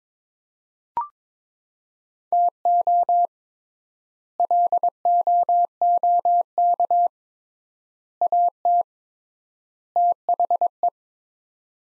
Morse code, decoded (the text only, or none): TO LOOK AT THE